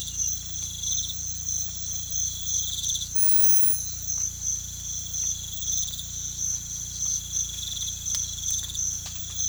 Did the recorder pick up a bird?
no